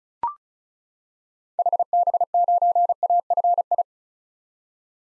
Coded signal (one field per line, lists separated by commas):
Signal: Morse code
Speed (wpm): 36 wpm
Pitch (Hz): 700 Hz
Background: none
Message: HB9AFI